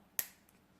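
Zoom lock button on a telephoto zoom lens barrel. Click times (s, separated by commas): 0.2 s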